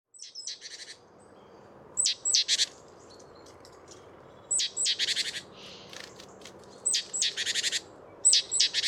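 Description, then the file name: Great tit calls: a thin high note or two followed by a short buzzy churr, given in groups roughly every two to three seconds over faint low background hiss. "Parus major"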